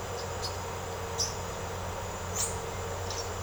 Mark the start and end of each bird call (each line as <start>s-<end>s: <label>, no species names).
0.21s-0.57s: bird call
1.12s-1.42s: bird call
2.31s-2.66s: bird call